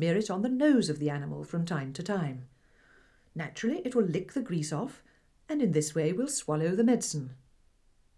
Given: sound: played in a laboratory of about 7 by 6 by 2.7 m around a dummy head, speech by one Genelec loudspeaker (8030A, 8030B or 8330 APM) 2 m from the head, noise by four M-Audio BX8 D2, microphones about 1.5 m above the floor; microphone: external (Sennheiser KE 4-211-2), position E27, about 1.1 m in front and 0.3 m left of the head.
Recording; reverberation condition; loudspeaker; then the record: female speech in English; low; 30 degrees to the left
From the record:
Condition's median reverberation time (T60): about 310 ms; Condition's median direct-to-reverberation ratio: about 3.5 dB